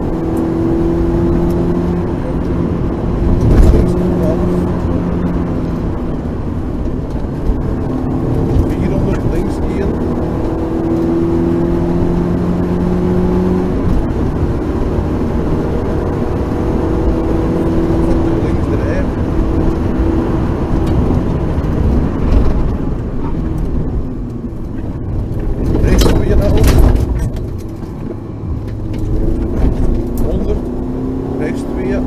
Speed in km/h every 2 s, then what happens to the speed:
105, 108, 110, 91, 98, 105, 112, 118, 123, 126, 121, 64, 46, 50, 49, 62.
4-7 brakes to 91. 7-19 speeds up to 126. 19-23 brakes to 46. 23-28 steady at about 49. 28-32 speeds up to 62.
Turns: none.